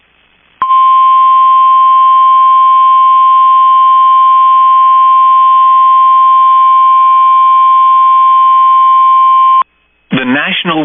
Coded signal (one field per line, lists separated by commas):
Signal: Emergency Alert System (SAME) tones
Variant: 1050 Hz attention tone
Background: speech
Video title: SEVERE T-STORM WARNING (EAS ALERT 199)